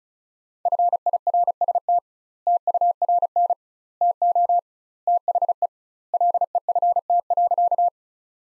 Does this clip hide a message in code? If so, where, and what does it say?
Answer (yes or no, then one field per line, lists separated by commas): yes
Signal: Morse code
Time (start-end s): 0.7-7.9 s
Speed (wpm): 34 wpm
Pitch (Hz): 700 Hz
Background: none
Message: FIRST TURN TO THE LEFT.